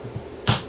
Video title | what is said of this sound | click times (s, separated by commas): Sony PSLX300USB Turntable Repair | there we go okay needle snapped in place let's | 0.5 s